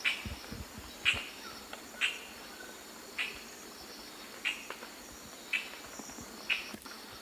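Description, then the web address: Amazon kingfisher repeating sharp, dry ticking calls roughly every second. Recorded in the eastern lowlands of South America. "Natures Songs S America Eastern Lowlands. Amazon Kingfisher"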